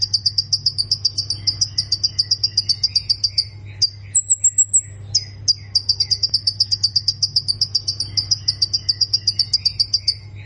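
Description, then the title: Plain prinia giving long runs of quick, sharp, high chirps, about four a second, broken by a short thin higher trill, with a constant low hum underneath. "Ciblek Sawah"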